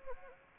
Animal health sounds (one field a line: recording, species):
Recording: mosquito wingbeat signal from an infrared sensor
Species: Anopheles arabiensis